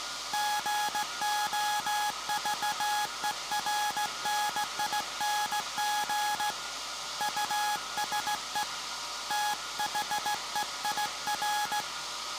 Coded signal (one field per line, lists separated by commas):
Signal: Morse code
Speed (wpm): 16 wpm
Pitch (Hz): 840 Hz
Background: none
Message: GOVERNING USE THEIR